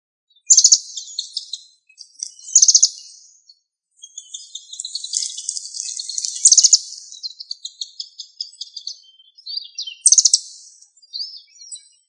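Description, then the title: Bird singing long twittering phrases with loud sharp chirp bursts, a sustained warbled run in the middle and another bright burst near ten seconds. "LuckyPassaro Completos2Sama"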